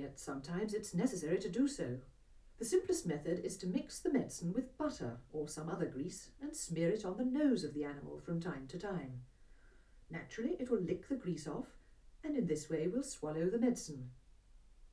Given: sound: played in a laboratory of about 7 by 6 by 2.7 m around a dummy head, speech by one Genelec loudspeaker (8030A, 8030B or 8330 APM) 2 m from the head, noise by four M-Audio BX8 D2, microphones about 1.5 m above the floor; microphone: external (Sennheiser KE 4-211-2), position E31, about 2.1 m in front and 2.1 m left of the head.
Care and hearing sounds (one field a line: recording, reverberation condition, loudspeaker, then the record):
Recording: female speech in English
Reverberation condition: low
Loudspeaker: 150 degrees to the right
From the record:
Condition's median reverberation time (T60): about 310 ms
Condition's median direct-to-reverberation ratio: about 3.5 dB